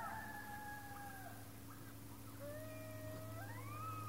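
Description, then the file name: Coyote howls, one falling gently and fading, then another rising smoothly into a high drawn-out note, with a constant low hum underneath. "Coyotes Howling"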